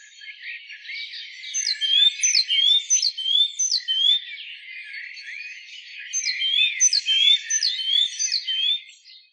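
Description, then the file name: Great tit uttering bright, repeated chirping phrases in two bursts, with a busy layer of other high twittering throughout. "Parus major"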